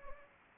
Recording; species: mosquito wingbeat signal from an infrared sensor; Anopheles gambiae